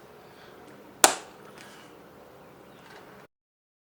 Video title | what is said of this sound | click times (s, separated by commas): Nest Hello: Install | now I've got it connected you can see it's lit up the next step is just to push in until you hear a click | 1.0 s